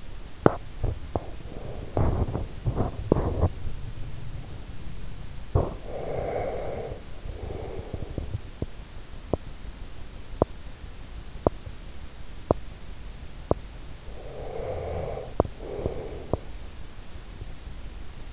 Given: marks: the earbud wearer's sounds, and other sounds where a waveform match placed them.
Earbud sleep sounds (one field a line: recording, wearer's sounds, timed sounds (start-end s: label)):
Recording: sounds in sleep by an in-ear microphone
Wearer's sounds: teeth grinding, breath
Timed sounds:
0.16-3.85 s: teeth grinding
5.76-8.34 s: breath
8.34-14.02 s: teeth grinding
14.02-16.28 s: breath
15.28-16.84 s: teeth grinding